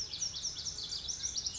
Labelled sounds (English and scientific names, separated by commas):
Lazuli Bunting (Passerina amoena)